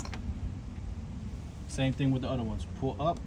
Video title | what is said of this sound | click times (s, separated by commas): How to change the spark plugs for a 2020 Hyundai Elantra | pull up on the clip. You're gonna hear it snap. Then you press down and pull out. | 0.0 s, 0.1 s